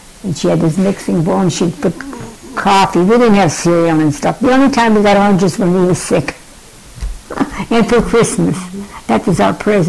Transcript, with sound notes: And she had this mixing bowl, and she'd put coffee, we didn't have cereal and stuff. The only time we got oranges when we were sick. (laughs) And for Christmas, that was our present.